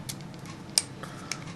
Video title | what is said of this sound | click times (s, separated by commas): 1966 Chevelle dash wiring harness with gauges repair video | locks in place. | 0.8 s